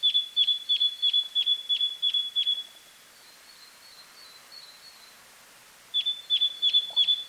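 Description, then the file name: Great tit gives a quick series of clipped high notes, pauses while a thin drawn-out whistle sounds faintly, then resumes the rapid notes over soft background hiss. "Parus major"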